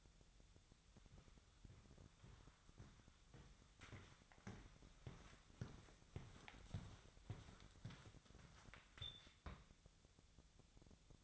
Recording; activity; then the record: daily activity, microphone in the room; walk to room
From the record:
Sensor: 3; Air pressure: 999.4 hPa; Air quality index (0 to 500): 195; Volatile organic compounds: 42 ppm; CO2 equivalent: 3183 ppm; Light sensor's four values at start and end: 8/19/8/7 and 8/19/8/7